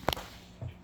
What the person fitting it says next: pops right in